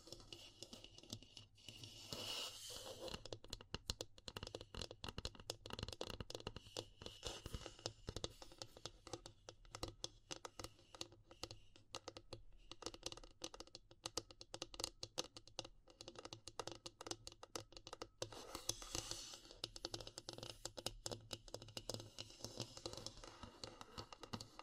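Wood, bamboo and straw handled in dense, rapid clicking and scratching taps, with brighter rustling bursts near 2 and 19 seconds.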